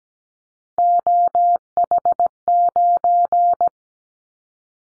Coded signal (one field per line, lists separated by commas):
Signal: Morse code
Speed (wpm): 17 wpm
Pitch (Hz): 700 Hz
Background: none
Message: OH9